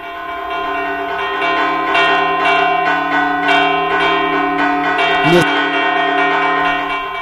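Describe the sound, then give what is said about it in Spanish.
Church bells ring continuously in the 'toque de nublo', the toll that warned of storms: dense overlapping metallic strikes with sustained humming overtones, loud and steady throughout, with a brief swooping tone near the end. “Bien, había un toque muy famoso que era el toque de Nublo, el toque que avisaba de las tormentas.”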